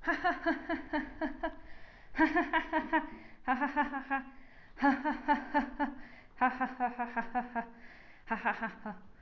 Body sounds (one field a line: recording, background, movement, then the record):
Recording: laughter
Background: quiet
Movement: sitting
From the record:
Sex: female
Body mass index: 22.6 kg/m2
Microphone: on the chest, facing outward